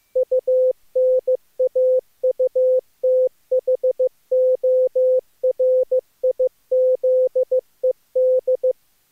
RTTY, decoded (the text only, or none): none